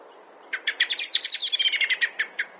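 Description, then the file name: Common blackbird giving a rapid rattling series of many sharp chinking notes in quick succession, briefly merging into a chattering burst before slowing at the end. "Turdus merula"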